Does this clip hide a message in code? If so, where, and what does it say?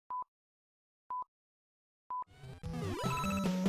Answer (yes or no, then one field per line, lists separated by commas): no